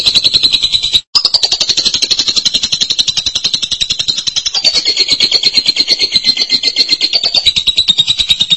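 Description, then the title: Lovebird song: a continuous, rapid, buzzy high-pitched chatter with a brief break after one second, then steady churring with slight pitch wavers throughout. "BM Suara Burung Lovebird"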